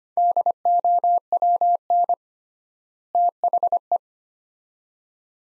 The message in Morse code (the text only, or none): DOWN THE